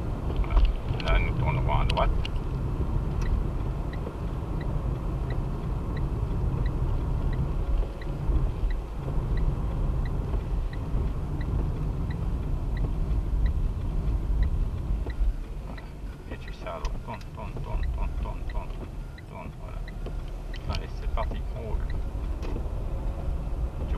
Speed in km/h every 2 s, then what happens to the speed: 48, 47, 46, 45, 43, 36, 32, 24, 19, 19, 23, 31.
0-8 steady at about 46. 8-16 slows to 19. 16-24 speeds up to 31.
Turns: 14-19.